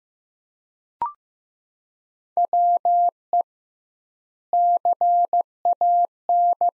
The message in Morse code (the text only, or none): WE CAN